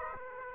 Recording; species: mosquito wingbeat signal from an infrared sensor; Aedes aegypti